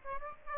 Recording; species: mosquito wingbeat signal from an infrared sensor; Aedes aegypti